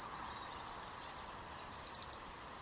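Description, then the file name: European robin with a brief thin high whistle at the start, then a quick run of four or five sharp, very high ticking notes, against a soft hiss. "Erithacus rubecula"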